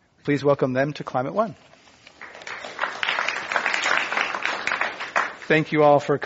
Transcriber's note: applause